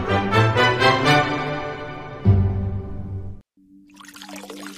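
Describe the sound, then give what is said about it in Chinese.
Water runs from a tap in a steady, hissing stream, following a ringing, tonal musical sound that cuts off abruptly into a brief silence. “你知道，随时关紧水龙头可以节省很多水。”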